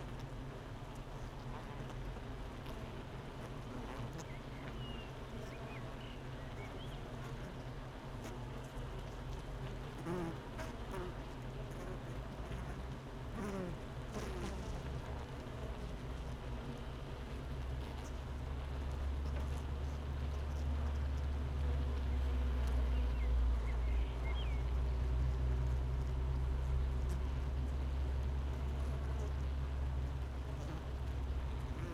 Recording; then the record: honeybee colony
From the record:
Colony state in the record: missing queen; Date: 31 May 2018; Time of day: 8:43